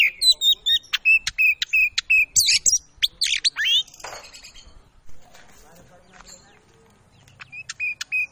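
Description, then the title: Oriental magpie-robin song of quick repeated chirps and buzzy trills, fading into a quiet gap before a brief burst of sharp notes returns. Kacer song used as a lure to provoke male birds into fighting, making them quickly agitated and aggressive; persistent, full-volume bursts. "Kacer Langsung Tarung Konslet KACER NGOTOT FULL TEMBAKAN. Pancingan Kacer Agar Cepat Emosi Langsung Bukor Tarung"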